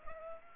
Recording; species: mosquito wingbeat signal from an infrared sensor; Aedes aegypti